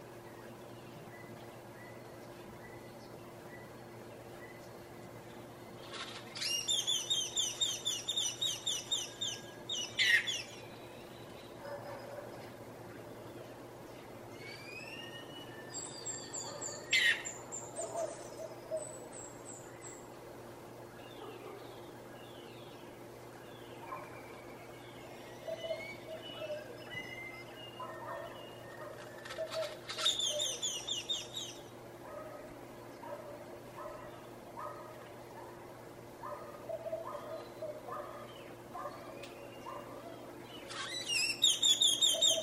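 Early morning on a balcony over the Placencia Sidewalk in Belize: bursts of bright birdsong around 6, 16, 29 and 42 seconds over a steady low hum.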